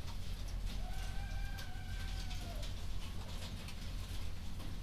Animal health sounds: poultry house recording; healthy chickens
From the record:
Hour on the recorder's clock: 0

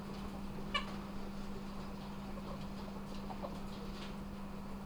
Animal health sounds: poultry house recording; sick chickens (respiratory disease)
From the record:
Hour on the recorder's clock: 1

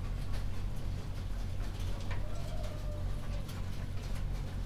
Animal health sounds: poultry house recording; healthy chickens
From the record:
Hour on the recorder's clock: 21

